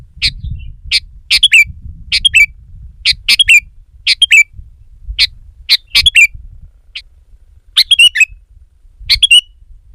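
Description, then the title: Sooty-headed bulbul repeating short chirpy phrases at an uneven pace, over a low rumble. "kutilang"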